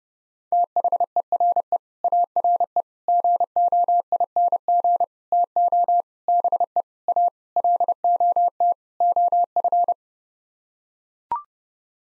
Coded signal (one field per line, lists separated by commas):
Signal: Morse code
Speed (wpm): 32 wpm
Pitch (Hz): 700 Hz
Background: none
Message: THERE ARE GOING TO BE A LOT OF